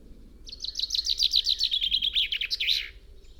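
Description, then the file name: Common chaffinch singing a brisk, rattling phrase of repeated notes that descends through several steps and ends in a short emphatic flourish. "Fringilla coelebs"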